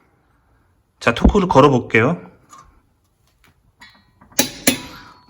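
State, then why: Torque reached. A click-type torque wrench is used to tighten a wheel lug nut on a Subaru Impreza during a brake pad replacement. Someone talks, then two sharp clicks sound at 4.4 and 4.7 seconds as the wrench reaches its set torque, signalling that tightening must stop.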